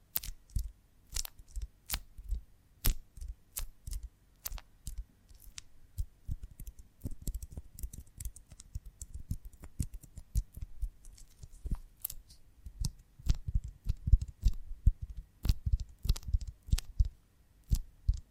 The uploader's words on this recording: ASMR of a Honeycomb on Branch (No Talking).